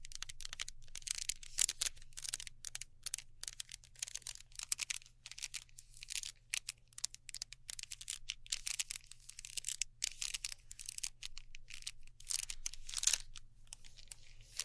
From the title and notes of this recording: ASMR Neon Triggers（no Talking）. Glow Sticks, Slime, Sticky Tape, Scissors.